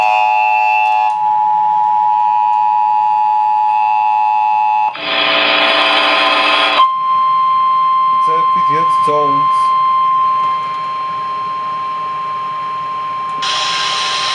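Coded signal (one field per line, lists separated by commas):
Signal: Emergency Alert System (SAME) tones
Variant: 853 and 960 Hz attention tone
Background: speech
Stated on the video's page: AMBER Alert for Tennessee relayed on WLAC-AM.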